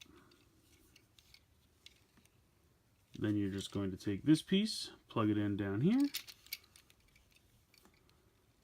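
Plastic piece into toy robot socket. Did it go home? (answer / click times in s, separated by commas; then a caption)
no / none. Someone handles a plastic piece, lining it up to plug into a socket lower down on a Shinkansen Henkei Robo Shinkalion DXS07 800 Tsubame toy robot. Faint plastic ticks sound around the edges, and someone talks from about 3.1 to 6.2 seconds, followed by a sharper tick near 6.5 seconds. The piece has not yet seated or clicked into place when the clip ends.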